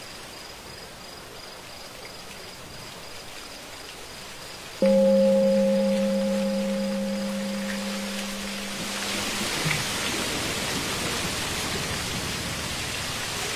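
Night insects trill steadily in the background as a temple bell is struck once at about five seconds, its low, clear tone ringing on and slowly fading until near ten seconds. Afterward a soft hiss rises, like light rain, over the insects.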